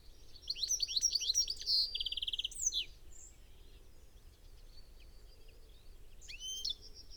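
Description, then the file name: European goldfinch giving a quick run of bright chipping notes that slides into a short buzzy trill, then quieter scattered twitters and a final sharp note. "Carduelis carduelis"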